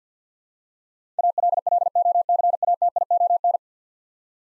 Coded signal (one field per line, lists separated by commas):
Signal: Morse code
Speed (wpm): 50 wpm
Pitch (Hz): 700 Hz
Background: none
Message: ALLOCATION